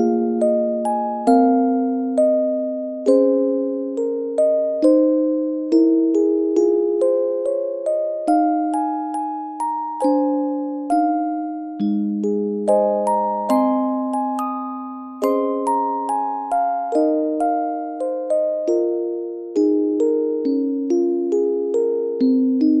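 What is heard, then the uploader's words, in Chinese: A music box plays a slow, steady melody, each plucked note ringing briefly and fading before the next arrives about twice a second. The tones sit in a mid register, with a bright metallic tick at every pluck, continuing evenly for the whole clip. 睡眠八音盒。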